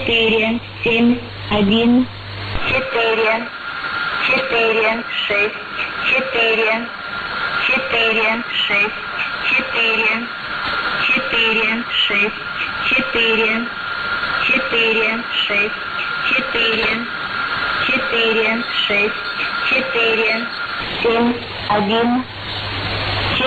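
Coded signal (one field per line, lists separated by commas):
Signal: numbers station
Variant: S06s, Russian female voice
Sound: a woman's voice reading short evenly spaced words, likely numbers, over shortwave radio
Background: radio static, faint whistle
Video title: 07 03 2018 S06s Russian Lady numbers station in Russian to Eu 0833 on 9082, 9255 unknown tx site in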